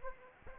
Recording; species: mosquito wingbeat signal from an infrared sensor; Anopheles arabiensis